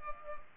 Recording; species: mosquito wingbeat signal from an infrared sensor; Culex pipiens